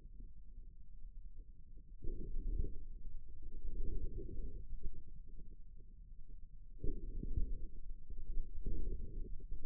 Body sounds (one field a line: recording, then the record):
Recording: forearm muscle sounds (acoustic myography)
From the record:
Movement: inward rotation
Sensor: system 2, bracelet of six BSWA MPA416 microphones around the upper forearm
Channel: 4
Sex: male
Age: 22 years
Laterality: right